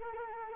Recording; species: mosquito wingbeat signal from an infrared sensor; Anopheles arabiensis